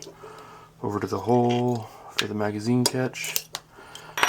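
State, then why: Seated. Someone talks while pushing a small pin over to the hole for the magazine catch in a Walther CCP pistol frame. The steel magazine catch snaps back into place with sharp clicks at 4.2 s and 4.2 s, and is seated.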